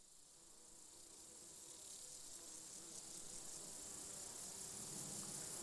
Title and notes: Siesta summer insect chorus. This gentle summer soundscape, featuring bees, grasshoppers and crickets, was recorded in an open meadow near the Col de Châtillon at an altitude of 1680 metres above sea level. Part of the Music for Sleep project